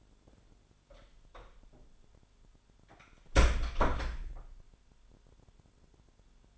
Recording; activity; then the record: daily activity, microphone in the room; close door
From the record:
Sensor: 5